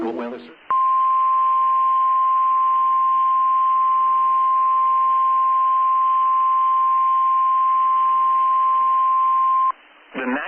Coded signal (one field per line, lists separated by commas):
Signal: Emergency Alert System (SAME) tones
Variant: 1050 Hz attention tone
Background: speech